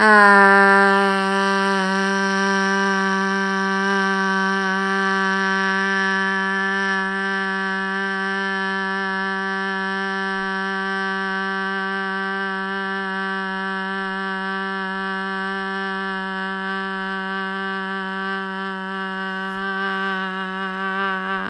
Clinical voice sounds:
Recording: sustained vowel /a/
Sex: female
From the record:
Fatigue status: no fatigue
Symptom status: symptomatic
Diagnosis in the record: COVID-19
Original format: m4a

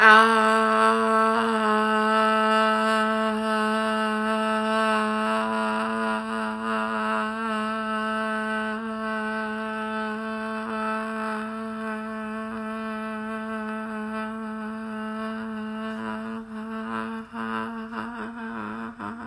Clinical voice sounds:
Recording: sustained vowel /a/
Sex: female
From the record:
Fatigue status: fatigue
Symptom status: symptomatic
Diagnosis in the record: COVID-19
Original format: m4a

